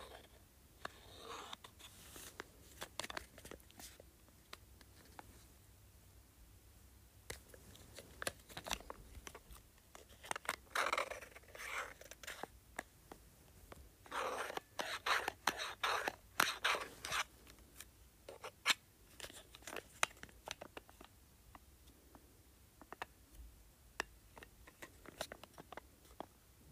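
An LED light remote is handled and its buttons pressed, giving sharp, dry clicks and light plastic rubbing. The clicks come in irregular bursts, densest around 2, 9 to 12 and 14 to 17 seconds, thinning toward the end over a faint low hum.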